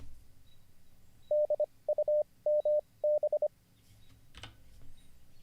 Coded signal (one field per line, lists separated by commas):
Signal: Morse code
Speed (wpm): 25 wpm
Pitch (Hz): 600 Hz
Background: none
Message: DUMB